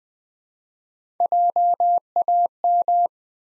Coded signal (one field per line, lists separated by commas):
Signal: Morse code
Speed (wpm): 20 wpm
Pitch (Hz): 700 Hz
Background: none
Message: JAM